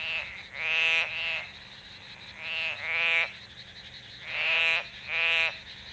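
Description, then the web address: Daruma pond frog giving bleating, harmonic croaks in three closely spaced pairs roughly two seconds apart, with a low steady hum underneath. Call, Okayama. "call Pelophylax Porosusbrevipodus OKAYAMA"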